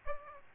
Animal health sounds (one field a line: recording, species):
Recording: mosquito wingbeat signal from an infrared sensor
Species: Aedes aegypti